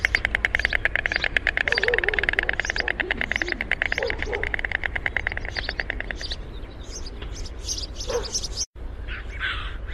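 Bird calling in a fast series of repeated chirps for about six seconds, then scattered higher notes, with a low rumble throughout.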